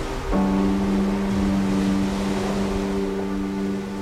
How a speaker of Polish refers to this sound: Morze jest szare o tej porze roku i słyszę monotonny szum uderzających o piasek nadbrzeża fal.